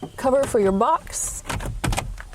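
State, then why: Seated. After a blown fuse is replaced in an F-150, the plastic fuse box cover is pushed back into the truck's fuse box while someone talks. The cover clicks into place at 1.9 s, and a few fainter ticks follow.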